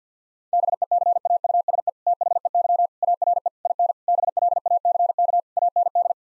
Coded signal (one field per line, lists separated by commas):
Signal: Morse code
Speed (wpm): 50 wpm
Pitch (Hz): 700 Hz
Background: none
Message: BECAUSE THEY ARE IN BLACK AND